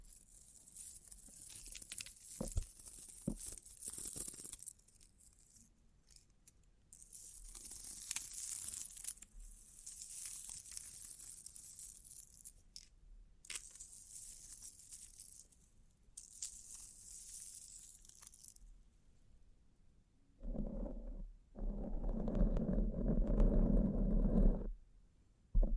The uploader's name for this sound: Bling Bling Triggers